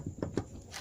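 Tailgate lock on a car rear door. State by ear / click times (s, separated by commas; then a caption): not seated / none. Someone works the lower lock part of a car's rear tailgate by hand, lifting it to show it can still move. Two short knocks at about 0.2 s and 0.4 s are the loose part moving, not a latching click. The tailgate lock fails to lock, and nothing has seated or clicked yet.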